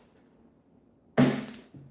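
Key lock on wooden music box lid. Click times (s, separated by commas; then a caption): 1.2 s. A key is turned in the lock of an antique wooden music box lid whose movement doesn't work, and which was locked and would not open. After quiet low background, a sharp, loud click at 1.2 s rings down over about half a second, followed by a softer thump near 1.75 s. The lock releases and the music box unlocks.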